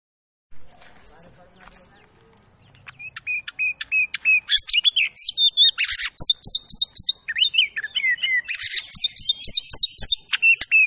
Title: Kacer Langsung Tarung Konslet KACER NGOTOT FULL TEMBAKAN. Pancingan Kacer Agar Cepat Emosi Langsung Bukor Tarung